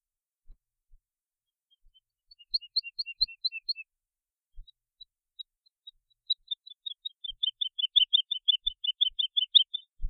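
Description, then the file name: Woodlark song: a few scattered notes, a short series of paired whistles, then a long accelerating stream of rapid liquid notes. "trädlärka"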